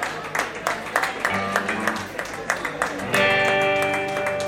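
Audience applause: a steady patter of many hands clapping, irregular and moderately loud. About two-thirds of the way through, sustained musical tones come in beneath the clapping.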